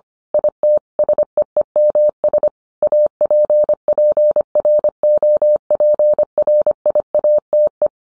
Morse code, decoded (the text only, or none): IT SEEMS APPROPRIATE